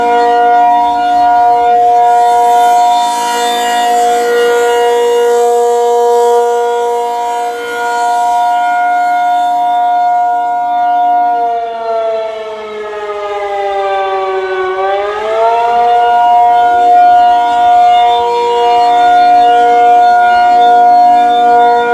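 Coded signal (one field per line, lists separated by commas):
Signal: siren signal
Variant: ACA P-50 siren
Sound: loud steady outdoor siren tone that briefly sags in pitch, then returns steady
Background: outdoor ambience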